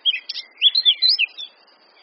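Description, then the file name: Eurasian blackcap song: a short burst of quick, varied warbled notes with rising and falling slurs, fading out after about one and a half seconds. "Sylvia atricapilla"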